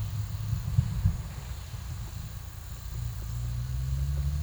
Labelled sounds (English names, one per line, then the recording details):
none
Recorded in pastures near Puerto Asís, Putumayo, Colombia, on 18 December 2024 at 13:00
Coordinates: 0.486, -76.323
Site GP01